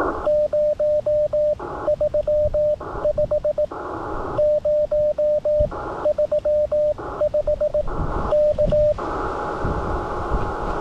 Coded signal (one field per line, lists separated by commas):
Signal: Morse code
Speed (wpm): 17 wpm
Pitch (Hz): 590 Hz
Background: radio noise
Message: 035 035 K